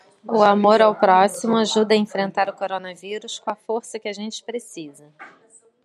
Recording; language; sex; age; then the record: spoken sentence; Brazilian Portuguese; female; 40 to 49 years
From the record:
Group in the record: control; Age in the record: 41 years